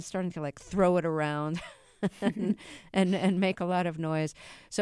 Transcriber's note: laughter